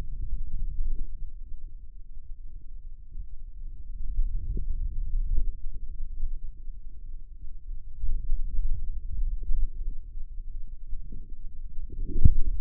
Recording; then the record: forearm muscle sounds (acoustic myography)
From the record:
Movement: finger pinch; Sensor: system 2, bracelet of six BSWA MPA416 microphones around the upper forearm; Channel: 4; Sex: male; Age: 22 years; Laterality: right